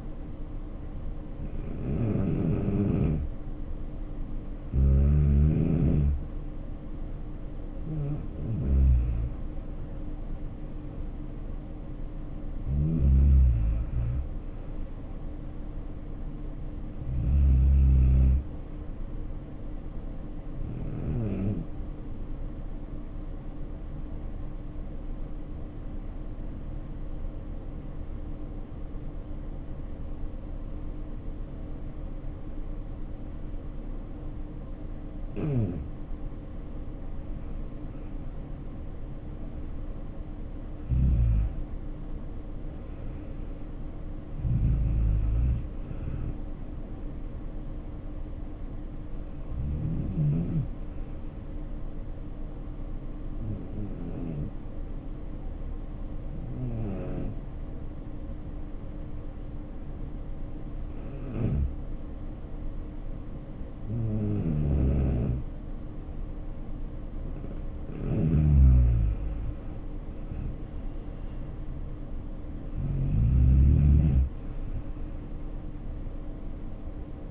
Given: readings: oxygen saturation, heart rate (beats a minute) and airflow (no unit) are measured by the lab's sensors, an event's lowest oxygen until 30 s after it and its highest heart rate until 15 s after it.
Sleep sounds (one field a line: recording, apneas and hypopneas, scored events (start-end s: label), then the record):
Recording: breathing in sleep by a smartphone at the bedside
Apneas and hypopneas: 2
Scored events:
23.00-37.90 s: hypopnea (N2, oxygen 94% highest, then 82% lowest, heart rate 66 at the start, 76 highest)
55.00-70.60 s: hypopnea (N2, oxygen 95% highest, then 87% lowest, heart rate 64 at the start, 74 highest)
From the record:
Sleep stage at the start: N2 (light sleep)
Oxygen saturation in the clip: 82 to 95%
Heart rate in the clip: 61 to 76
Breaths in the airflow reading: 14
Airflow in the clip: -7.8 to 6.8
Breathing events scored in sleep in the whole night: 520 in 7.2 hours asleep